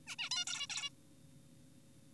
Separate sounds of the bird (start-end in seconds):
0.07-0.16, 0.19-0.29, 0.31-0.45, 0.47-0.67, 0.70-0.90